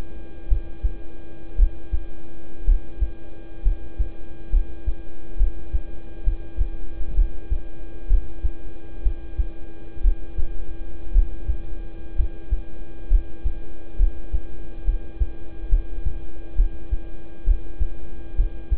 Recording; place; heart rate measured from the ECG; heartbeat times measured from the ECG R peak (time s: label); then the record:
heart sounds by stethoscope; between the tricuspid and mitral areas; 64 bpm
0.47 s: heartbeat
1.55 s: heartbeat
2.64 s: heartbeat
3.62 s: heartbeat
4.50 s: heartbeat
5.37 s: heartbeat
6.23 s: heartbeat
7.14 s: heartbeat
8.07 s: heartbeat
9.02 s: heartbeat
10.01 s: heartbeat
11.12 s: heartbeat
12.15 s: heartbeat
13.08 s: heartbeat
13.96 s: heartbeat
14.84 s: heartbeat
15.69 s: heartbeat
16.55 s: heartbeat
17.44 s: heartbeat
18.35 s: heartbeat
From the record:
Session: rest, lying down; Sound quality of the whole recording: good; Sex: male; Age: 26 years